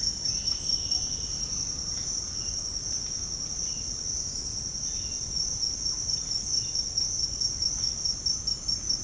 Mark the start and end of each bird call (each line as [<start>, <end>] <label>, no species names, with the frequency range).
[0.00, 1.57] bird call (0.7-4.0 kHz)
[4.76, 6.87] bird call (1.5-4.4 kHz)